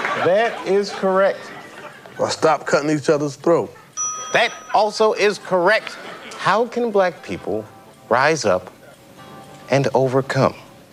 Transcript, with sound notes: That is correct.
Well, stop cutting each other's throat.
(SOUNDBITE OF BELL) That also is correct. How can black people rise up and overcome?